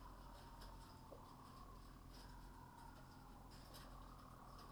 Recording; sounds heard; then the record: poultry house recording; healthy chickens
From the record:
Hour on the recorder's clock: 19